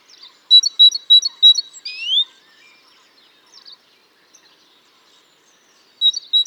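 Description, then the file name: Great tit calls: a quick series of sharp high repeated notes, a rising whistled slur, then another short burst of pulsed notes. "Parus major"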